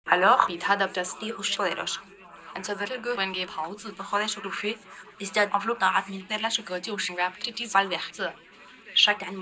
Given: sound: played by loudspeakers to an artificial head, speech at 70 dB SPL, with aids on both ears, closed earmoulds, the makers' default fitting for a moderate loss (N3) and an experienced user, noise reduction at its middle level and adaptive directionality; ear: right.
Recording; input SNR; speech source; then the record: speech test signal (ISTS) in cocktail-party noise; +9 dB; on the right (90 degrees)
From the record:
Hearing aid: class 2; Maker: E